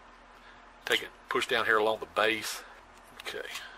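The flimsy intake filter of a Power Team P55/P59 hydraulic porta-power hand pump is being pressed down along the pump base during a rebuild while someone talks. The clip ends before the filter goes home, so nothing has seated or clicked yet.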